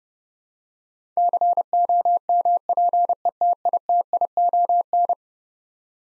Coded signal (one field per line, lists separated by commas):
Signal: Morse code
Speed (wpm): 30 wpm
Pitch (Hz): 700 Hz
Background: none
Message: COMPETITION